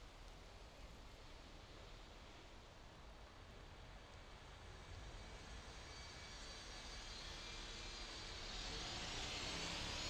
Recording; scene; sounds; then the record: everyday scene through a hearing-aid microphone; in traffic; traffic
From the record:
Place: main road on the outskirts, rush hour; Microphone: in the ear canal, left